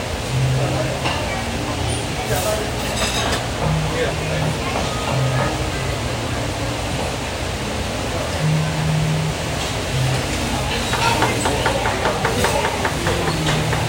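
Restaurant kitchen sounds on a Sunday breakfast in Phoenix, with a steady dense din, murmured voices, a recurring low hum and occasional sharp clinks.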